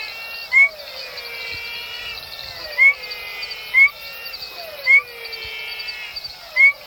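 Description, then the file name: Aplastodiscus perviridis giving brief bright rising notes at irregular intervals of one to about two seconds, over a steady background chorus. "Aplastodiscus Perviridis"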